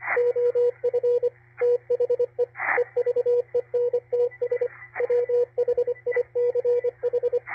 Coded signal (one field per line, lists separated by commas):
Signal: Morse code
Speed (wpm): 24 wpm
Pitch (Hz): 490 Hz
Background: radio noise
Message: OF THE EVENTS WHICH